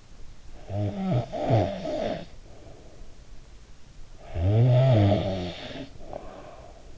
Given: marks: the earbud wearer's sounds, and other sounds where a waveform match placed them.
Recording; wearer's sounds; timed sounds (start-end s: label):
sounds in sleep by an in-ear microphone; snoring breath
0.39-3.13 s: snoring breath
4.02-6.93 s: snoring breath